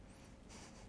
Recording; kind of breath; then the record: one breath in and out by a microphone near the nose and mouth; strong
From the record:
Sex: male